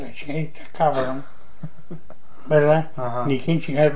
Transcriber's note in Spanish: risas